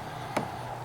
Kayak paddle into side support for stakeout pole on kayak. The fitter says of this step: kind of lock into place